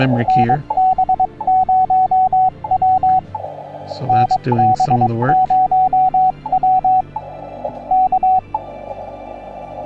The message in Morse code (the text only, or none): NB0W NB0W K